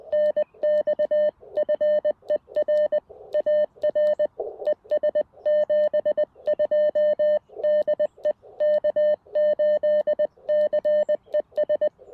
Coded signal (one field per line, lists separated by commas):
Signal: Morse code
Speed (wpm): 20 wpm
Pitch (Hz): 590 Hz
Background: none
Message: NX FER AR ES 72 DE K8CES